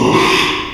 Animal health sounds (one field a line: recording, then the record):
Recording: squeal of a Yucatan mini pig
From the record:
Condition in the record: after surgery on the right vocal fold (resection and tissue-engineered implant)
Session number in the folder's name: 1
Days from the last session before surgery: 6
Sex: male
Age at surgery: 12 weeks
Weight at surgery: 13 kg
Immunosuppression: cyclosporine, prednisolone